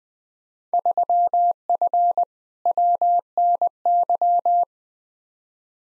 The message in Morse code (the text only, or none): 3F WNY